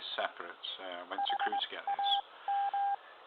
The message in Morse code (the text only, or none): HAM